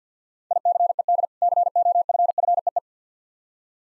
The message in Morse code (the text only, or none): ICED COFFEE